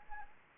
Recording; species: mosquito wingbeat signal from an infrared sensor; Anopheles arabiensis